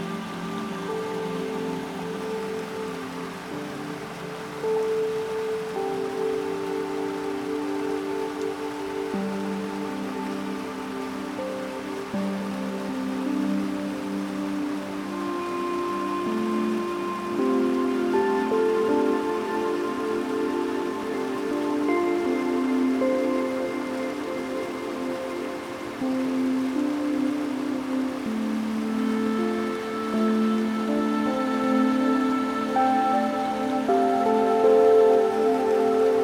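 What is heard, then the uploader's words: Soft, slow music with sustained mid-range tones and gentle melodic changes rests over a steady hiss of falling water, close to rain or a waterfall. Brighter notes enter around fifteen seconds and again near the end, and the level stays even throughout. Echoes Of A Wonderful Waterfall & Relaxing Music. The crystal-clear water is a sight of pure, untamed beauty, as it splashes into a pool, creating dancing ripples and incredibly soothing sounds.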